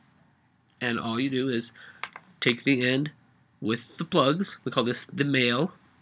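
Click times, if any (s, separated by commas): none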